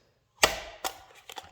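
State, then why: Seated. An AICS-style rifle magazine is pushed into a belt mag holster, giving a sharp, bright click at 0.4 s as it locks in place. Weaker clicks and knocks follow at about 0.9, 1.3 and 1.4 s. The magazine is seated.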